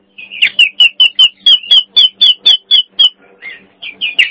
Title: Jalak Nias